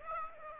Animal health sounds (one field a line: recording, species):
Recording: mosquito wingbeat signal from an infrared sensor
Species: Aedes aegypti